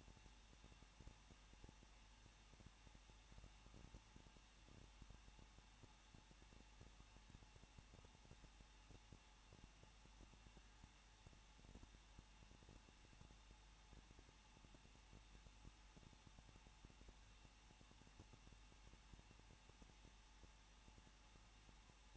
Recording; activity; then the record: daily activity, microphone in the room; no activity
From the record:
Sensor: 1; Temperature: 20.1 degrees Celsius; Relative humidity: 39.1%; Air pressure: 1006.3 hPa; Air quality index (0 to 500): 217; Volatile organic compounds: 76 ppm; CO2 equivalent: 3574 ppm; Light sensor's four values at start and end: 1/2/1/1 and 1/2/1/1